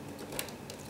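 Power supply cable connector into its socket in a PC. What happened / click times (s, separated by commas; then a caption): The power cable connector clicked into its socket / 0.4 s. A second power supply cable's plastic connector is pushed into its socket in a PC while the power supply install is being finished. A sharp, short click at 0.4 s shows the connector has seated, followed by a fainter tick at 0.7 s over steady background hiss.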